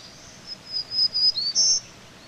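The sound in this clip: Black-throated green warbler, one short song of several high buzzy notes rising to a stronger, drawn-out buzzy ending.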